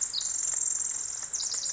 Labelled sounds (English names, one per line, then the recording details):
Pacific Wren
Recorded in Sonoma County, California